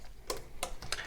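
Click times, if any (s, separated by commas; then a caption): 0.3 s, 0.6 s, 0.9 s. An installer holds down the spring-loaded release on a thermostat wall base's push-in terminal and feeds a thermostat wire into it. Sharp ticks sound at 0.3, 0.6 and 0.9 seconds as the wire seats and the terminal locks it in place.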